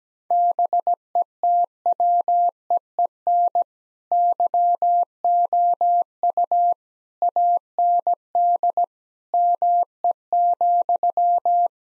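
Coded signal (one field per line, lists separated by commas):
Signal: Morse code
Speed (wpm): 17 wpm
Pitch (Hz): 700 Hz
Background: none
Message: BETWEEN YOU AND ME,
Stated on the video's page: Morse code practice at 17 wpm, all-age jokes sent with contextual priming for copying practice.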